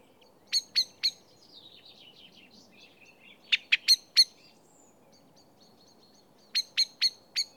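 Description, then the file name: Common blackbird giving sharp clicking calls in bursts of three, then four, then four again, with soft twittering between bursts. "Turdus merula"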